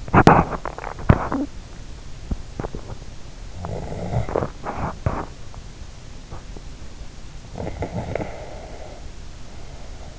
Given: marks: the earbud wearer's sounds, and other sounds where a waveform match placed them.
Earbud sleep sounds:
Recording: sounds in sleep by an in-ear microphone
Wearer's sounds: body movement, snoring breath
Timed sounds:
0.00-5.33 s: body movement
3.57-4.30 s: snoring breath
7.55-10.19 s: snoring breath

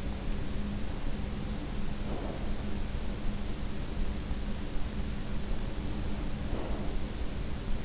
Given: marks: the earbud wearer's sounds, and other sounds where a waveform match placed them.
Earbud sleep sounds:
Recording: sounds in sleep by an in-ear microphone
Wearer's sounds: breath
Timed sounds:
1.99-2.56 s: breath
6.31-6.95 s: breath

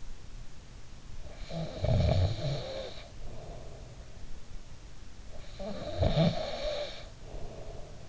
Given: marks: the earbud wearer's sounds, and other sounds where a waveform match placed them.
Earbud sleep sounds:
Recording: sounds in sleep by an in-ear microphone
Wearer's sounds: snoring breath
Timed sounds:
1.16-4.19 s: snoring breath
5.30-8.09 s: snoring breath

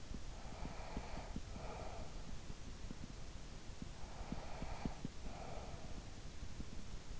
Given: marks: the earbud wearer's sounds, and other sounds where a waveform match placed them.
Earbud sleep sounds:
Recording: sounds in sleep by an in-ear microphone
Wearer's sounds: breath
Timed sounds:
0.00-2.55 s: breath
3.54-6.69 s: breath

